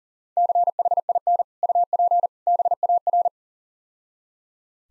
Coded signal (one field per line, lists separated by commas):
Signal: Morse code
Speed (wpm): 37 wpm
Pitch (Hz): 700 Hz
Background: none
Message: CHIN UP BAR